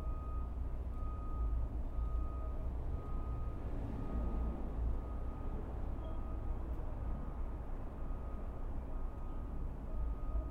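A plumber's snake grinds away in a sewer pipe in the basement, a thick, steady low rumble and churning that doesn't let up for the whole stretch. A thin, high beep repeats in quick, regular pulses over the noise.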